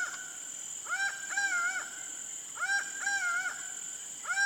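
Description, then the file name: Laughing Falcon call, two-part nasal 'wa-co' notes repeated in quick pairs, over a continuous high drone. Pantanal. "Acaua"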